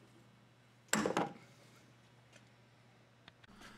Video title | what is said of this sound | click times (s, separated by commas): BCS Two-Wheel Tractor PTO Shaft Repair Procedure | now remove the pliers and apply pressure to the slider until it snaps into its lower position | 0.9 s